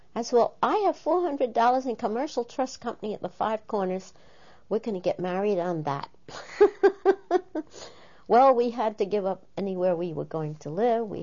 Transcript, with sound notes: I said, "Well, I have four hundred dollars in Commercial Trust Company at the Five Corners. We're going to get married on that." (She laughs.) Well, we had to give up anywhere we were going to live.